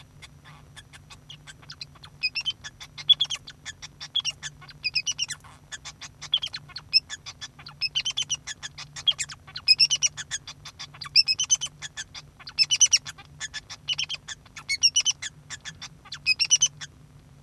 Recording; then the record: song of a male Bengalese finch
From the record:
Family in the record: son of father 2